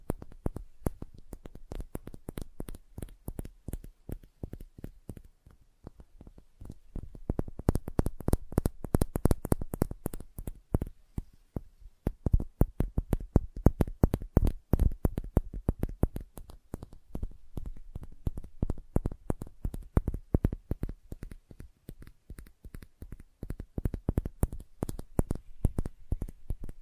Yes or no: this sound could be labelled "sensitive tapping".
yes